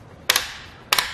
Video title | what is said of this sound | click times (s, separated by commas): etrailer - Fit Test: Yakima HighSpeed Roof Bike Rack on a 2019 Cadillac XT5 | you can see that there once we hear that clicking noise it's going to reassure us that our bike is safely attached to our bike rack | 0.3 s, 0.9 s